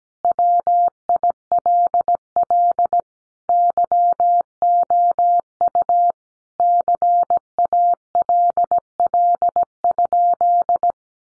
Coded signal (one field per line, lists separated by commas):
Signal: Morse code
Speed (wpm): 17 wpm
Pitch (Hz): 700 Hz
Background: none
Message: WILL YOU CALL?